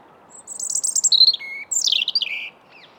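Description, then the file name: European robin singing a fast, tinkling phrase of high trills and clear whistled notes, a pause, then a descending rush of bright notes ending on a lower warble. "Erithacus rubecula"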